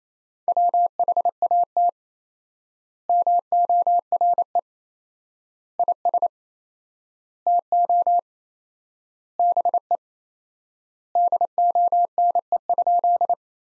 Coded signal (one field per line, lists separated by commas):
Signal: Morse code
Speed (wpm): 28 wpm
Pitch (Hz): 700 Hz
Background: none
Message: WHAT MORE IS TO BE DONE?